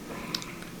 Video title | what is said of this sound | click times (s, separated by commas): LOUD KENMORE DRYER—FAST FIX | reaching of my there's there's that little clip we're going to reach in and push that on to the end of the shaft until it clicks and | 0.3 s